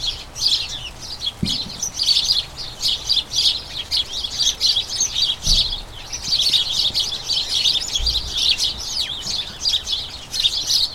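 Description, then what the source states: Chirping house sparrows in an incessant flock chatter, dense bursts of notes with short pauses and a few low thuds in the background. A dozen house sparrows, a colony in a small front garden as crocuses bloom, chattering incessantly and excitedly as they turn toward the breeding season; recorded by Fergus Collins.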